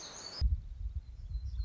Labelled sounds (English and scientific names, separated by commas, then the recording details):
Black-throated Gray Warbler (Setophaga nigrescens)
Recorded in Sonoma County, California